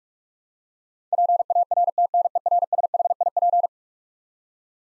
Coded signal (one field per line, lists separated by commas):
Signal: Morse code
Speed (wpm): 42 wpm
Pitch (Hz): 700 Hz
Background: none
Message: PARTNERSHIP